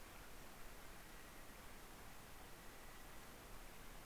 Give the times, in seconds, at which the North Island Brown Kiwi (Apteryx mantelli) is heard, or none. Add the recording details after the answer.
0.00-4.06. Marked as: faintness 5/5. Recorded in New Zealand on 2 November 2013. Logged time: 20:59. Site CV71